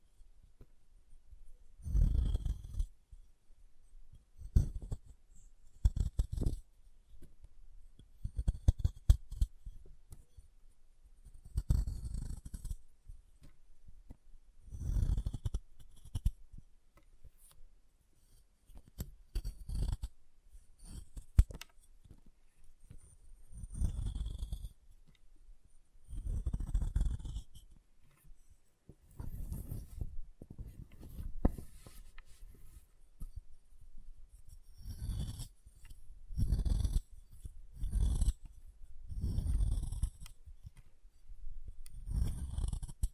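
Chalk being carved and cut, in short scraping strokes that come every second or two across the whole recording. Each stroke has a dull low thump with a dry, gritty hiss above it, and some bursts come in quick clusters of several strokes.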